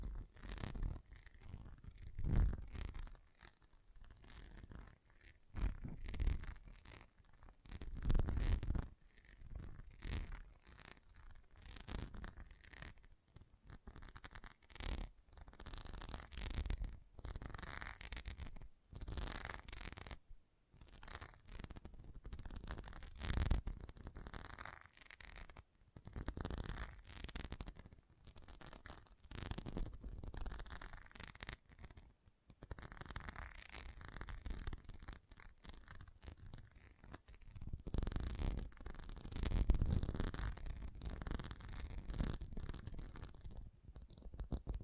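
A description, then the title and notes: Intense magnetic tingles: a busy run of scratchy, hissing swishes that come in quick, uneven bursts with brief silent gaps between them. The sound is bright and airy, with occasional louder thumps underneath, and the pattern stays restless for the full length. ASMR Intense Magnetic Tingles (No Talking).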